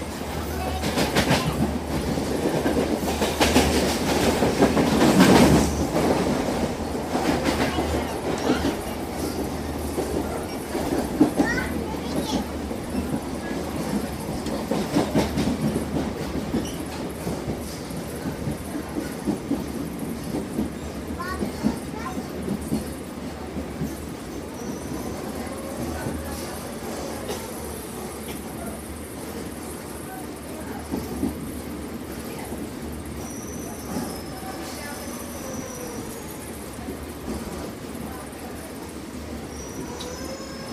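Railroad sounds with a steady low rumble and rattling clatter, loudest around five seconds, then easing into a quieter continuous roll with faint squeaks.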